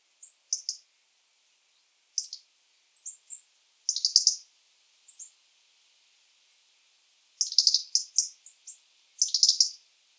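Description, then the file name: European robin giving clipped, high ticking calls, single and in quick runs. "Erithacus rubecula"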